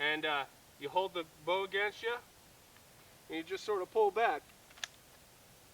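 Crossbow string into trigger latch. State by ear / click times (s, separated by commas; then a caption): seated / 4.8 s. Someone talks while drawing the string of a Barnett Ghost 400 crossbow back with a rope cocking device until it catches in the trigger latch. A short, sharp click is heard at 4.8 s. The string latched and the crossbow cocked.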